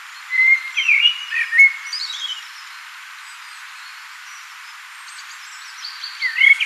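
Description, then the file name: Common blackbird song: a rich fluty warble dissolving into a high, thin twittering flourish, then silence before a fresh mellow phrase begins near the end. "Turdus merula"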